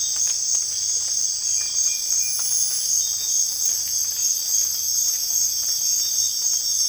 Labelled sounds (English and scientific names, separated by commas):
none